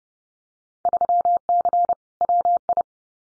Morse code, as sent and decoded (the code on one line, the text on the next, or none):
...-- -.-. / .-- ..
3C WI